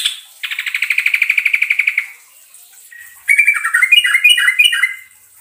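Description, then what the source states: Yellow-vented Bulbul trill: a long even rolling buzz lasting over a second, then a bubbly warbled phrase of falling liquid notes. Trucukan song in the ropelan style, with a long roll (ngerol panjang).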